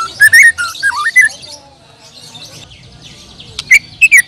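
Bird song: a few warbling, wavering whistles at the start, a quiet gap with faint background chirps, then sharp short notes near the end.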